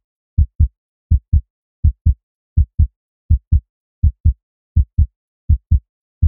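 An adult heartbeat: a steady rhythm of paired, low-pitched lub-dub sounds at roughly 80 beats per minute.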